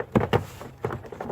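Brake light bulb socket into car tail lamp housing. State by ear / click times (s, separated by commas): not seated / none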